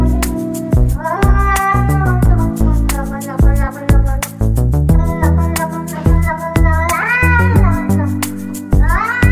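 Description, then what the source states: Domestic cat meowing several times, each call a stretched, wavering arc, heard above a busy produced beat with thumping bass and sharp drum strikes. A cat's meows set to music in a produced track.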